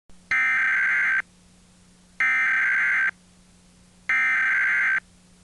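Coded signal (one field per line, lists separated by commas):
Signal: Emergency Alert System (SAME) tones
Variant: header bursts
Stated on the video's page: EAS national test on WNEP television, Wilkes-Barre/Scranton area, with bad audio across every station in the market.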